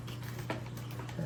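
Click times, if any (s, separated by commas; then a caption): 0.5 s. The side arm of an Annapro A3 battery head strap is pushed onto the mounting point of a VR headset's frame, and a sharp click sounds at 0.5 s, followed by a fainter tick at 1.1 s over a steady low hum. The arm seats, snug on that side.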